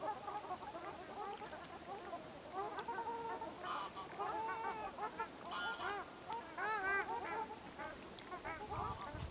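Ruddy shelduck group calling, nasal honks overlapping, some higher arched notes standing out in the second half.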